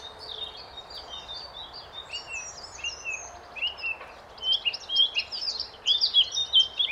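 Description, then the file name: Eurasian blackcap song, a soft warbling chatter that builds into louder, clear swept whistles near the end, over quiet background noise. "Sylvia atricapilla"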